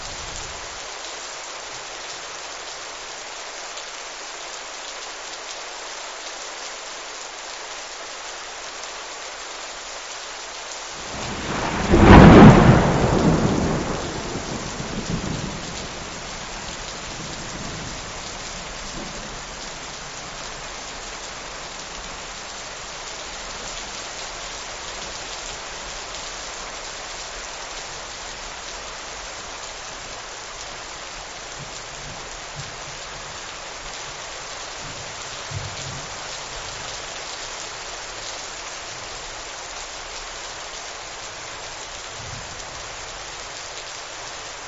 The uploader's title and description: Thunderstorm with Heavy Rain. Sounds of rain and thunder